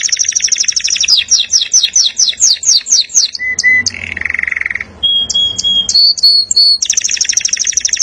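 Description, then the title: Canary singing a rapid high roll, then a string of quick descending notes, short whistles, a buzzy note and another fast rolling trill. Local canary; training (masteran) recording of song described as 'nembak' with tight fast delivery and rolling ('ngeroll'). "mster Mnuk. KENARI LOKAL LANGSUNG NEMBAK, Masteran KENARI Nembak Speed Rapat, Kenari GACOR NGEROLL"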